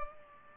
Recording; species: mosquito wingbeat signal from an infrared sensor; Culex pipiens